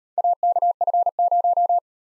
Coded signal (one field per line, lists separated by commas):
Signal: Morse code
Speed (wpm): 41 wpm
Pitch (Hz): 700 Hz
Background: none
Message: AKF0